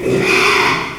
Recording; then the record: squeal of a Yucatan mini pig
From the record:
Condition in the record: after surgery on the right vocal fold (resection and tissue-engineered implant); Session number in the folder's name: 1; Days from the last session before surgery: 6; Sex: male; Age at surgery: 12 weeks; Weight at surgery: 13 kg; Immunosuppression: cyclosporine, prednisolone